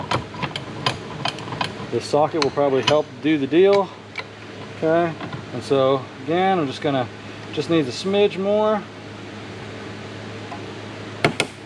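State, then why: Seated. On a Rush SR, a ball joint is pressed a little further into the control arm while someone talks, with scattered sharp ticks early on. Two sharp clicks at 11.3 s and 11.4 s mark the retaining snap ring snapping into its groove, confirming the ball joint is seated.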